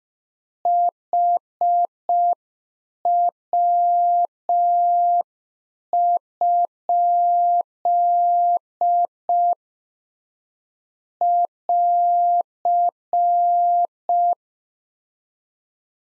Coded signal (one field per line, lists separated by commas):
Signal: Morse code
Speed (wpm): 5 wpm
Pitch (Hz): 700 Hz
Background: none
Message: HW? <AR>